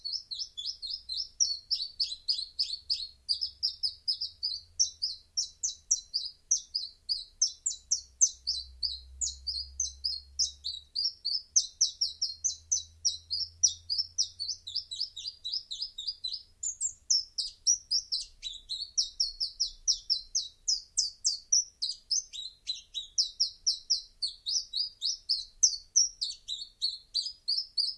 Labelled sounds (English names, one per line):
Common Chiffchaff song